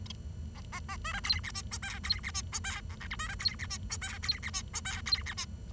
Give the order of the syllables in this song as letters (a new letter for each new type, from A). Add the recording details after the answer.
A A A B C D E F G H D E F B C A I J B C D E F G H D E F G H D E F. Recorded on 23 June 2012 at 07:34. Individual gr41rd51